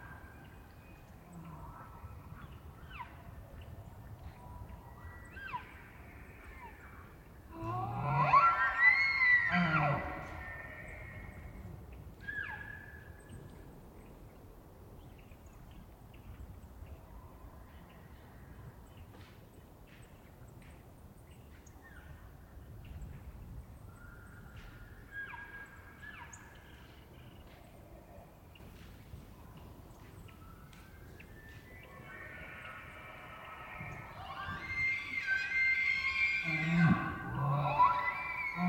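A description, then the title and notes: Bull elk bugle and roar in loud bursts near 8–10 seconds and again around 34–38 seconds, with fainter whistling calls between over low rumble. Elk Bull Challenging Roars. It was rutting season in the Colockum Wildlife area, and just before the start of open hunting season, so the males were out, about, and vocal. These are raw tracks, down-mixed to stereo (from double-m/s). Elk, mostly bulls bugling, screaming, roaring, whistling, and chirping.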